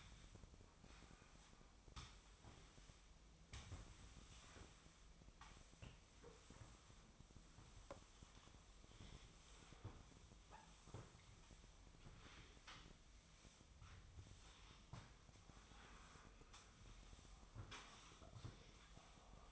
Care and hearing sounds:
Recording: daily activity, microphone in the room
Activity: sweep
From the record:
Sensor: 1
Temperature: 24.0 degrees Celsius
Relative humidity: 35.2%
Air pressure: 1004.7 hPa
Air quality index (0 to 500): 97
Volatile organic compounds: 3 ppm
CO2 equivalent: 1324 ppm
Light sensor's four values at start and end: 9/22/8/9 and 8/20/7/8

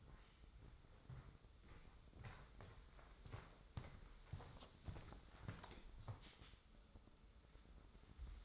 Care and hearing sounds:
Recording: daily activity, microphone in the room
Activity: walk to room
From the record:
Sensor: 3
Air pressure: 995.5 hPa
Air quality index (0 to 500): 83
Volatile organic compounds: 7 ppm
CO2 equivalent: 2001 ppm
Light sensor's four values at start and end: 27/82/34/30 and 26/80/33/29

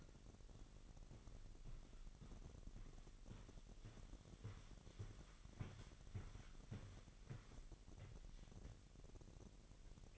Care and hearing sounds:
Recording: daily activity, microphone in the room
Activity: walk to room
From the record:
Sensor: 4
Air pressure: 1013.0 hPa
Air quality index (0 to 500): 242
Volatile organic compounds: 4 ppm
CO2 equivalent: 1610 ppm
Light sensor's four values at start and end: 30/74/30/30 and 34/82/34/33

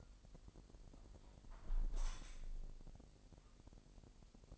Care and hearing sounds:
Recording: daily activity, microphone in the room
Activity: close window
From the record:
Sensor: 5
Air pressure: 1000.4 hPa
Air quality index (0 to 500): 248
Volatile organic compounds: 35 ppm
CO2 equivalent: 3060 ppm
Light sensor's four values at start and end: 34/78/31/29 and 33/78/31/29

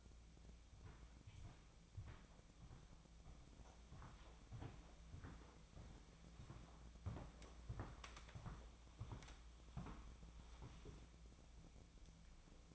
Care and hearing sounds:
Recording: daily activity, microphone in the room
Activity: walk to room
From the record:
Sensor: 1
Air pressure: 1000.0 hPa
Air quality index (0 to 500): 132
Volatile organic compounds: 2 ppm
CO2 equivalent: 1252 ppm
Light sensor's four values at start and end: 36/90/38/46 and 33/85/35/43

